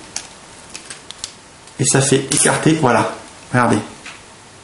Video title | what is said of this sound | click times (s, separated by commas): Installer un processeur sur carte mère | On voit qu'une fois qu'on l'a rentré, il y a un petit clic que vous avez entendu et un picot rentre. | 0.2 s